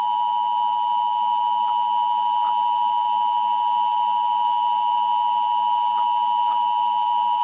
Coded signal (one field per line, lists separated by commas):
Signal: Emergency Alert System (SAME) tones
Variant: 853 and 960 Hz attention tone